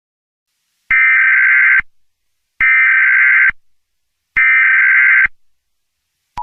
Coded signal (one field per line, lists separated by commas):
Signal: Emergency Alert System (SAME) tones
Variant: header bursts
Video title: The Greater Dying: A Bubonic Plague EAS Scenario